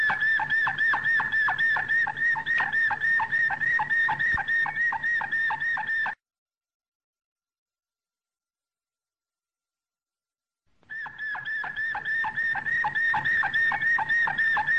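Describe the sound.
Canary delivering a quick, metronomic series of whistled notes. A silent gap of several seconds interrupts it before the same rapid series returns.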